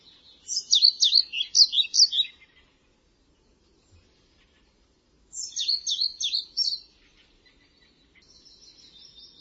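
Songbird phrases: two bursts of rapid high, zigzagging chirps separated by a pause, then a thin buzzy trill near the end.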